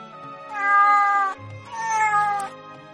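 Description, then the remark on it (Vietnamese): Two plump sand cats meow twice in a row while rubbing their bodies against a person's legs with narrowed eyes, each call drawn out and tonal with a slightly wavering pitch, separated by a short pause and heard alone without any talking. “Khiến Hà Ninh ngạc nhiên là hai con mèo cát tròn vo thế nhưng chủ động lại gần y, dùng thân mình cọ cọ chân y, híp mắt phát ra tiếng kêu mèo mèo.”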